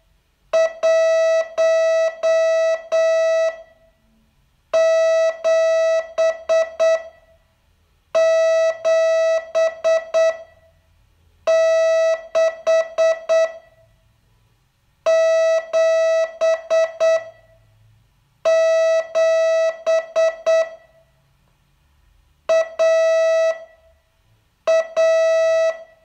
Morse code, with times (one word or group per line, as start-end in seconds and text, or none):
0.5-3.5 1
4.7-7.0 7
8.2-10.3 7
11.5-13.5 6
15.1-17.2 7
18.5-20.6 7
22.5-23.5 A
24.7-25.7 A